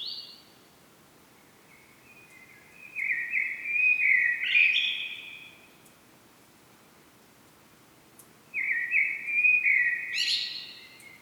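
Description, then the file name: Common blackbird song: rich low flutings rising into a chattering high flourish, repeated after a pause of several seconds. "Turdus merula"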